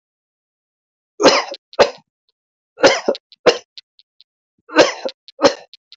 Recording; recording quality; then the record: heavy voluntary cough; excellent, no background noise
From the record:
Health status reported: healthy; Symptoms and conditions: none ticked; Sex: male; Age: 33 years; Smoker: not ticked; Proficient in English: yes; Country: India